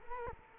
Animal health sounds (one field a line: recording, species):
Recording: mosquito wingbeat signal from an infrared sensor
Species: Culex quinquefasciatus